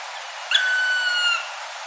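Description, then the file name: Black Woodpecker giving a single prolonged, clear, slightly downward-sliding note lasting nearly a second, set against soft background hiss. "kumagera"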